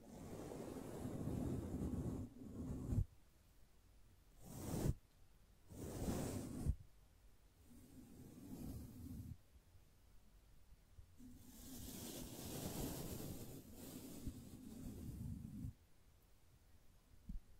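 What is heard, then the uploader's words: Gentle brushing in soft, separate strokes, each a hushed swish lasting from under a second to a few seconds, with short quiet gaps between. Two quick bright strokes land near five and six seconds, and longer, fuller passes follow around eight and twelve to fifteen seconds. ASMR Gently Brushing Your Brain (No Talking).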